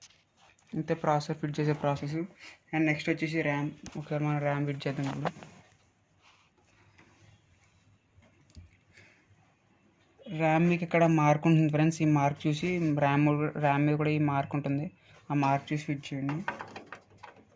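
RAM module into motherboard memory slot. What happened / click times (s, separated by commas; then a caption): Memory module handled and lined up, not yet seated / none. A RAM module is handled and lined up with the key mark on a motherboard memory slot before being pressed in, while someone talks. Between the speech there are faint handling taps and rustles, with a few sharper light ticks near the end. Nothing has seated or clicked yet.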